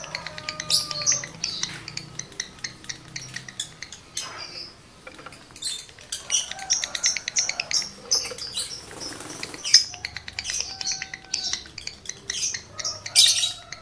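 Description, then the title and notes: Lovebird song, a long stream of fast metallic clicks, squeaks and a few drawn-out whistled notes, with a harsh rasping stretch midway. Male lovebird in breeding condition; its singing is used as a lure to stimulate other lovebirds to sing. "Birahi Lovebird Jantan ke Gacor. Pancingan Suara Lovebird jantan birahi"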